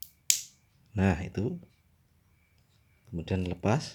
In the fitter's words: ini ditekan sambil didengarkannya nanti kalau ada penyanyi bunyi klik itu berarti dia sudah connect.to sudah nyambung kita tekan dengarkan Hai Nah